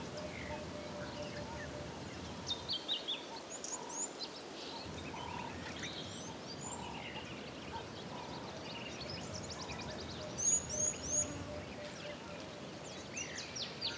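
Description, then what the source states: Birds chirping, with brief high twittering notes scattered over a steady hiss and a short burst of louder chirps later on. Calm ambience of African bush.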